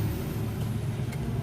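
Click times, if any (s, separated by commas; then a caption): none. During a clock spring replacement on a Honda City, the wiper switch connector is being handled to plug it back into the steering-column combination switch. A steady low rumble runs throughout, with only faint soft marks near 0.6 and 1.1 seconds. Nothing has seated or clicked yet.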